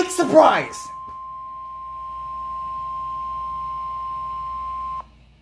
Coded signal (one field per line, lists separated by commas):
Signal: Emergency Alert System (SAME) tones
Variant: 1050 Hz attention tone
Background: speech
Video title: SVR...after SVR...part 2 (EAS Alerts #011 to #015)